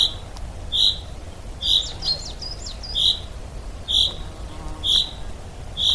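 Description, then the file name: Common chaffinch calls, short bright notes repeated about once a second, with faint twittering in the background. "Fringilla coelebs"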